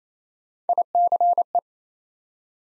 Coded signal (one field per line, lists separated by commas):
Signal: Morse code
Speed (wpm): 27 wpm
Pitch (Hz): 700 Hz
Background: none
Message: ICE